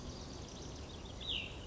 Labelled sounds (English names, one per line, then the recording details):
Cassin's Vireo
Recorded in Sonoma County, California